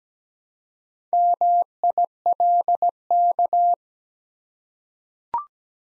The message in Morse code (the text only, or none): MILK